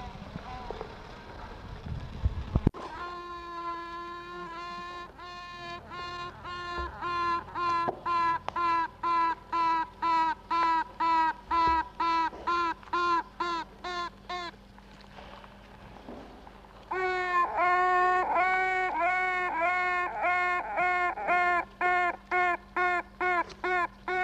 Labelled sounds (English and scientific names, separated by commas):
Honey Bee (Apis mellifera)